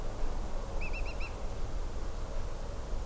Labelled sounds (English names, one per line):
Eurasian Whimbrel